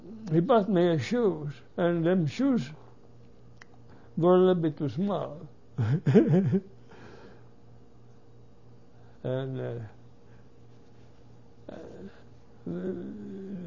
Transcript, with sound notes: he bought me shoes and them shoes were a little bit small. (he laughs) And